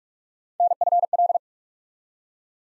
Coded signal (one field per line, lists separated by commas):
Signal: Morse code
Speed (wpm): 47 wpm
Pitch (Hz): 700 Hz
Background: none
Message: NFL